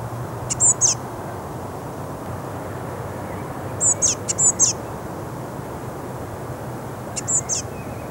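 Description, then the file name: Eurasian blue tit calls, short very high thin notes in brief clusters, three bursts throughout, over a low steady rumble. "Cyanistes caeruleus"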